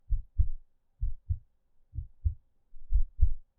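A heartbeat: four low-pitched lub-dub pairs in a steady rhythm, about 63 beats per minute.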